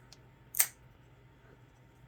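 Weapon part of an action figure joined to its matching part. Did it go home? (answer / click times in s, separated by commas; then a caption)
yes / 0.6 s. A weapon part of a King Arts Danguard Ace action figure is pushed onto its matching part, after a faint tick near 0.1 s. A sharp, bright click at 0.6 s shows the two parts seating together, followed by quiet low background hum.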